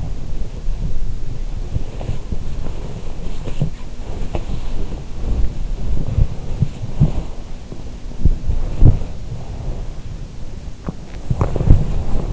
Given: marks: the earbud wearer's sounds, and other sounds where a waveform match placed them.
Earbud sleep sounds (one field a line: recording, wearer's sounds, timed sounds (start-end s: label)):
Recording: sounds in sleep by an in-ear microphone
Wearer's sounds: body movement, teeth grinding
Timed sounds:
0.00-12.33 s: body movement
10.91-12.33 s: teeth grinding